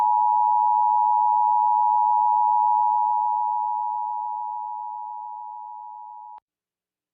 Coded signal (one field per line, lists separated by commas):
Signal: Emergency Alert System (SAME) tones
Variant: 853 and 960 Hz attention tone